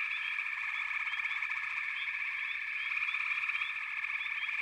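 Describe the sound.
Frogs calling together in a continuous chorus of buzzy trills, with quick rising chirps dotted over the steady wall of sound.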